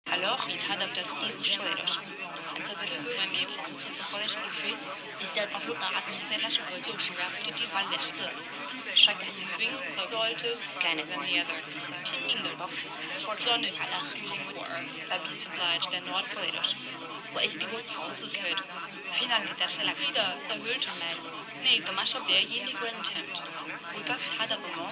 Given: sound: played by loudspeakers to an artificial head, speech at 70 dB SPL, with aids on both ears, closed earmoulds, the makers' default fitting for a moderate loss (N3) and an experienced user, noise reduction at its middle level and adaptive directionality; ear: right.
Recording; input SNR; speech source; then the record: speech test signal (ISTS) in cocktail-party noise; -6 dB; on the right (90 degrees)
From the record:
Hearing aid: class 1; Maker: G